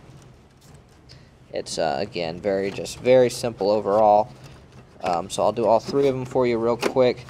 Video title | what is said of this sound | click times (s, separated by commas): Dell PowerEdge R730 HDDs & SSDs - Hard Drives - Solid State Drives - Testing with Dell Diagnostics | just slide it in line it up hear the click | 1.1 s